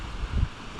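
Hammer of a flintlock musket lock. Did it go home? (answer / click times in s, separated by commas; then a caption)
no / none. On the "make ready" command, a shooter pulls back the stiff steel hammer (cock) of a reproduction flintlock wall gun's musket lock toward full cock. A low, wind-like rumble carries a few dull low-frequency bumps around 0.2–0.45 s. The hammer has not yet clicked into full cock.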